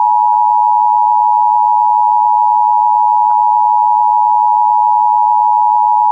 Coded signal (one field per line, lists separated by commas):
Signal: Emergency Alert System (SAME) tones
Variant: 853 and 960 Hz attention tone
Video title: Week of 2026-05-17 EAS 814-912 RWT RMT SVR SMW FFW